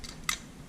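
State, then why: Seated. A trumpet valve piston is twisted clockwise in its valve casing until it clicks into its locked position. A faint soft tick sounds near the start, then a sharp, bright metallic click lands at 0.3 s over quiet background noise. The valve is seated and locked.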